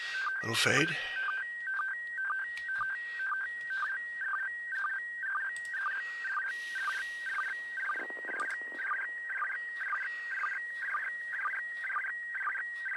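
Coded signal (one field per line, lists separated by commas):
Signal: SSTV (slow-scan television)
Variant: PD 120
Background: speech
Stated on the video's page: Live ISS SSTV satellite pass.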